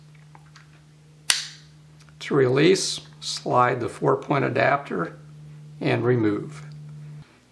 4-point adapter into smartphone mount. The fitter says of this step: snap to lock into place to